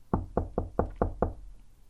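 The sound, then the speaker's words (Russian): Six sharp knocks on a wooden door in a quick, even rhythm, fairly loud, followed by a brief quiet tail. “В дверь постучали.”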